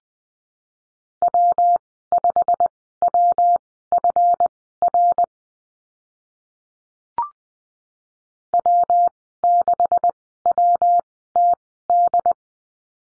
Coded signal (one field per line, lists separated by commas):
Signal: Morse code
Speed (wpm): 20 wpm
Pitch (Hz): 700 Hz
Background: none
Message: W5WFR W6WTD